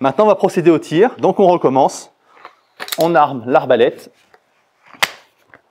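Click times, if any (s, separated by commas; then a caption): 5.0 s. A man talks, then a compound crossbow, the EK Archery SIEGE 300, is cocked with its lever, pulling the carriage back with a few faint scrapes. The string catch engages in the trigger mechanism with a sharp click at 5.0 s, and the cocking mechanism latches and holds firmly.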